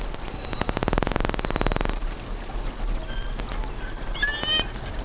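Whale clicks in a rapid pulsing train for over a second, then a few brief high whistled sweeps over constant low underwater rumble.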